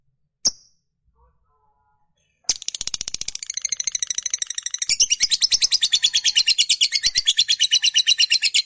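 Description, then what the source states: Lovebird call: one sharp chirp, a pause, then a long rapid chattering trill, buzzy and pulsing, growing louder halfway through. Fighter-type lovebird giving a long chattering call (ngekek panjang).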